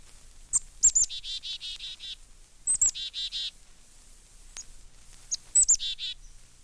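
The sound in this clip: Black-capped Chickadee calls: high thin chick-a notes followed by runs of buzzy harsh dee notes, given in three bursts.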